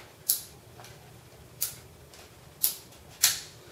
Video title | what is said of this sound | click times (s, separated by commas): TSD SRC Tan M4 review | The selector switch is the loudest selector switch I've heard, which is actually very good. It clicks into place very, very nicely. | 0.3 s, 1.6 s, 2.6 s, 3.2 s